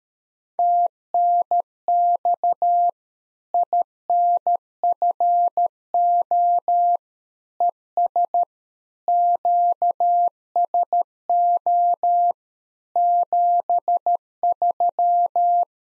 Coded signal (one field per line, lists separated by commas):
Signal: Morse code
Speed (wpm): 13 wpm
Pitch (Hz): 700 Hz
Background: none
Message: TNX INFO ES QSO 73